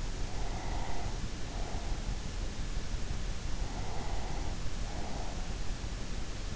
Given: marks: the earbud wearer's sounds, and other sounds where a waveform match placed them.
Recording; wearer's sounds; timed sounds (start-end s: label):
sounds in sleep by an in-ear microphone; breath
0.17-2.38 s: breath
3.60-5.78 s: breath